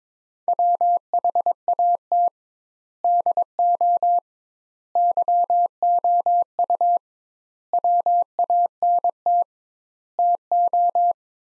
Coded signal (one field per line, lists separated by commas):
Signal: Morse code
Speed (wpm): 22 wpm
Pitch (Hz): 700 Hz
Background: none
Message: WHAT DO YOU WANT TO